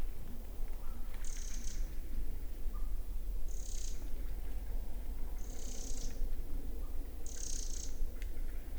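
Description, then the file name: Eurasian wren uttering brief, high, grating rattles roughly every two seconds, four in all, with loud low-frequency rumble underneath. "Troglodytes troglodytes"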